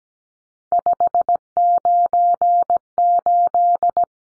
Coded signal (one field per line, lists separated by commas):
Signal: Morse code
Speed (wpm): 17 wpm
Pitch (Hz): 700 Hz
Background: none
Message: 598